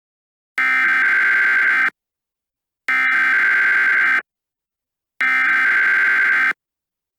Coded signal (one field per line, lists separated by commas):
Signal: Emergency Alert System (SAME) tones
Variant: header bursts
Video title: EAS Scenario Blue Retaliation